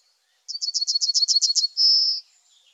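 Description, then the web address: Yellowhammer song, a quick run of about ten high chipping notes ending in a longer, sustained high tone. "IVN Zangvogels Geelgors"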